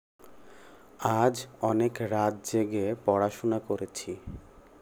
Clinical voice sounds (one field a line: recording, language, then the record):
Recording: elicited speech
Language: Bengali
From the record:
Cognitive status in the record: cognitively healthy